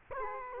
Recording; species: mosquito wingbeat signal from an infrared sensor; Culex quinquefasciatus